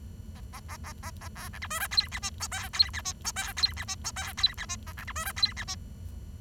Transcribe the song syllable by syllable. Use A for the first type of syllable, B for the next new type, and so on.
A A A A A A B C D E F G H I J K G H I J K G H I J K G H I A C D E F G H I